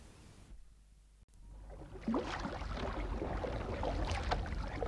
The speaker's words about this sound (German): Mit aller Kraft stieß sie das leichte Boot hinaus in den Strom.